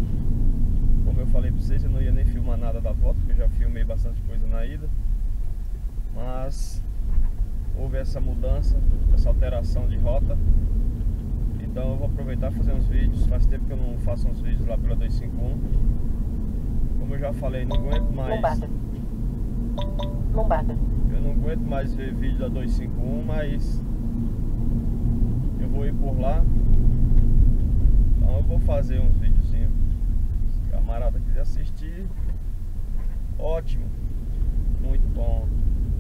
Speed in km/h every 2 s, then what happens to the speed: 33, 18, 13, 20, 33, 42, 46, 49, 52, 56, 58, 59, 53, 41, 27, 15, 20, 31.
0-5 brakes to 13. 5-22 speeds up to 59. 23-30 brakes to 15. 31-36 speeds up to 31.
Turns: none.